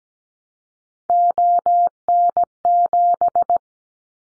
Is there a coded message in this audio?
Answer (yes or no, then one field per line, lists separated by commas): yes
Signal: Morse code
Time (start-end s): 1.1-3.6 s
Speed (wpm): 17 wpm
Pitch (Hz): 700 Hz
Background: none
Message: ON7